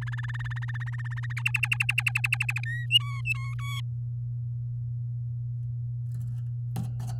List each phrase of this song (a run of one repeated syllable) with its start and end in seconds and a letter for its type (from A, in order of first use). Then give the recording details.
0.01-1.33 A, 1.36-2.60 B, 2.63-2.86 C, 2.90-3.54 D, 3.58-3.80 E. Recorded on 8 May 2018 at 05:36. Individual llb16